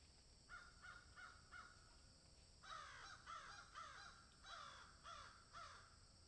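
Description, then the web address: Crow giving harsh, hoarse caws: four quick calls, a short pause, then a longer run of about eight falling caws spaced roughly half a second apart. "ворона"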